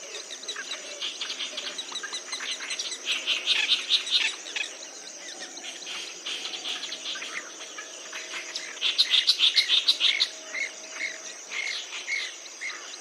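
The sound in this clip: Clamorous reed warbler song, loud harsh chattering phrases in two strong bursts, over a steady high insect-like buzz throughout.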